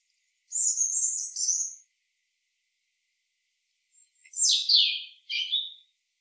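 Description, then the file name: European robin song: a high, sustained warbled phrase, a pause, then a tumbling phrase of descending whistles ending in a short trill. "Erithacus rubecula"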